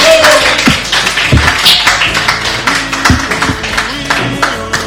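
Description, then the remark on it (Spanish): A canned applause effect played on a radio program, triggered late because of a delay: dense, steady clapping from a crowd that fills the whole few seconds at an even, loud level, with a few sharper taps and a faint low hum underneath. “Bueno, chicos, bien, Luigi, bien, siempre atento, 6 minutos después tiró el aplauso.”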